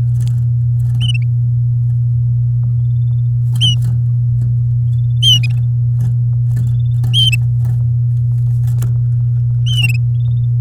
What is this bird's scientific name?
Serinus canaria